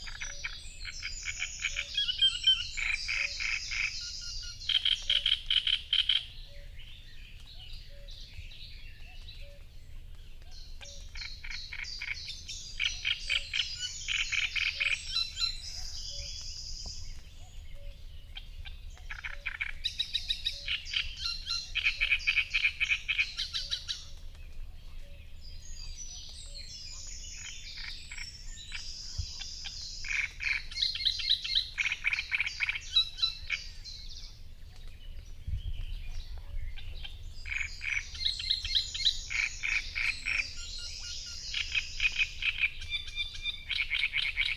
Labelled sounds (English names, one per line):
Great Reed Warbler song